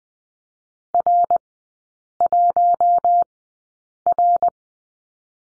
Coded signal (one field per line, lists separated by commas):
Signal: Morse code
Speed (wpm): 20 wpm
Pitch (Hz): 700 Hz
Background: none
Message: R1R